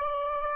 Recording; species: mosquito wingbeat signal from an infrared sensor; Aedes aegypti